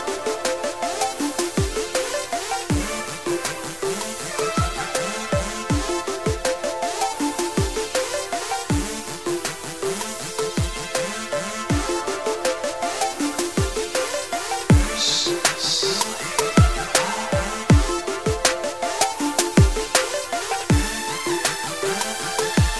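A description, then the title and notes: A festive Christmas sleigh ride tune plays steadily, with deep booming beats sliding down in pitch, busy bright melody, and a glittering flourish around fifteen seconds. Christmas sleigh ride in the snow.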